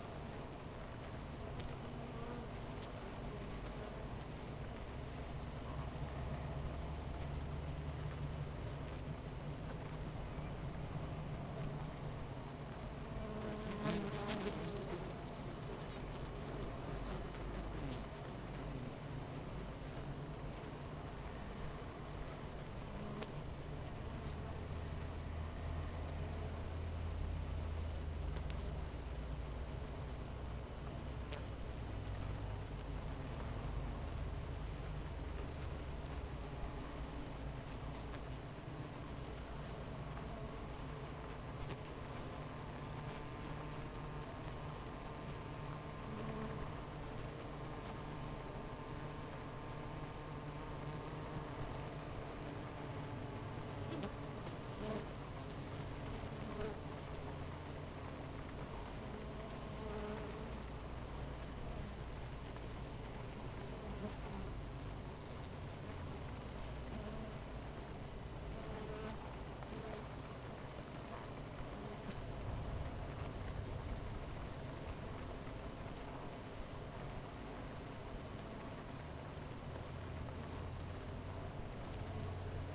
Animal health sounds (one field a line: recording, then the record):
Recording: honeybee colony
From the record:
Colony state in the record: missing queen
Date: 14 July 2017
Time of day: 10:15